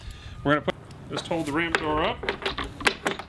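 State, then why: Seated. The spring end of a ramp door support cable is pushed into its metal latch fitting on the wall of an aluminum trailer while the ramp door is held up, with someone talking over it. A sharp click at 2.9 seconds marks the spring end seating in the latch, followed by a few smaller taps.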